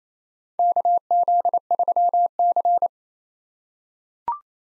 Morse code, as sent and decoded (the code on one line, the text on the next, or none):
-.- --.. ...-- -.-.
KZ3C